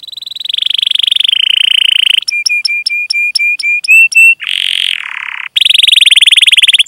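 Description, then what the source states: Canary song: a fast buzzy trill held near one pitch, then a run of sharp clipped notes, a dipping rolled phrase and another rapid trill. Lively singer (gacor) said to have the best song phrasing (cengkok) and most luxurious fill-ins (isian); Indonesian bird-keeping hobby (kicaumania) recording.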